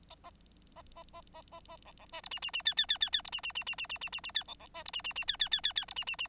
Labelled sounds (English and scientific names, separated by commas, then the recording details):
Bengalese Finch (Lonchura striata domestica) song
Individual Bird9